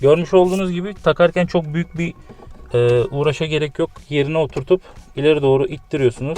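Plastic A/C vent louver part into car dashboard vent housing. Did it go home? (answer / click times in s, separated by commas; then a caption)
no / none. A replacement plastic A/C vent direction piece is being set in place in a car dashboard vent housing and pushed forward, while someone talks throughout. Nothing has seated or clicked yet.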